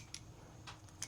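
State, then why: Not seated. The plastic end connector of a lanyard with a hidden USB-C cable is handled against the matching lanyard clip on the strap of a ZeroKor Mini 100W Portable Power Station. Short, bright ticks occur at about 0.1 s and 1.0 s, with a softer rustling scrape around 0.7 s over a quiet low hum. Nothing has seated or clicked into place yet.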